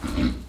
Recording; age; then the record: pig call; growing-finishing pig (85 days or more)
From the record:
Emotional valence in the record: positive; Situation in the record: enriched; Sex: male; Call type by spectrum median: low-frequency call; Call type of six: low-frequency stable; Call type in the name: low-frequency stable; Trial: 1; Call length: 0.49 s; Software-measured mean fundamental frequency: 58 Hz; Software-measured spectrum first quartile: 164 Hz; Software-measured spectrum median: 304 Hz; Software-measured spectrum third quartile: 1267 Hz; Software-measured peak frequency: 249 Hz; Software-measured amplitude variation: 168 dB a second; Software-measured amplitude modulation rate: 26.4 a second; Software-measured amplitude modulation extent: 6.4 dB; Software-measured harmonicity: 1.5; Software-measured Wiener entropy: -2.10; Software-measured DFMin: 957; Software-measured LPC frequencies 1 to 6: 275, 1317, 2183, 2895, 4026, 5188 Hz